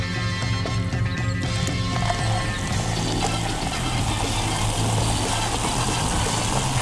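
A carbonated drink fizzes steadily after being poured into a glass, a dense crackle of tiny pops over a low, constant hum, with no one speaking.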